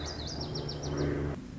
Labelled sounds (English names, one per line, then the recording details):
Lazuli Bunting
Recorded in Sonoma County, California